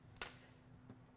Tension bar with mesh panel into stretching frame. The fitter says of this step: there it's clicked into place now depending on how what